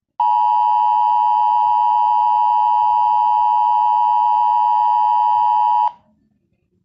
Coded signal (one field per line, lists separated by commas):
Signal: Emergency Alert System (SAME) tones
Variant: 853 and 960 Hz attention tone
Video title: Bendy and the ink machine the eas scenario 2014